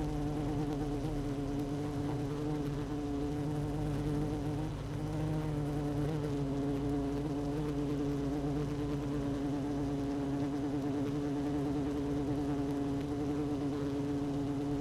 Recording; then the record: honeybee colony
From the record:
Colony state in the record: active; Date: 12 June 2018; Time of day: 16:32